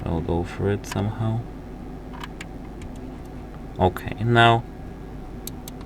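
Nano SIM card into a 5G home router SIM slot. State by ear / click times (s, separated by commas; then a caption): seated / 5.5 s. A nano SIM card is pushed into the spring-loaded SIM slot of a T-Mobile 5G home router, model DL5M2, until it latches. Someone talks at first, then faint short clicks are heard, and the card clicks into place at 5.5 seconds, seating it so the SIM card tray can be closed.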